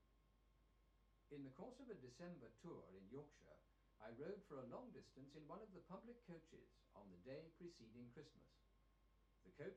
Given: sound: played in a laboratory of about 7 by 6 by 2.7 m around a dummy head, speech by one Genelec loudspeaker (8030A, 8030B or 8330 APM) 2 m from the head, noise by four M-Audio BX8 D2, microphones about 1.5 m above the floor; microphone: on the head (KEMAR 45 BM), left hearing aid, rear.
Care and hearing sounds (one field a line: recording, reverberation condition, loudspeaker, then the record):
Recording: male speech in English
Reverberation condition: low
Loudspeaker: 60 degrees to the right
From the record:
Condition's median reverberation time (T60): about 310 ms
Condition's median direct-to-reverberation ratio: about 3.5 dB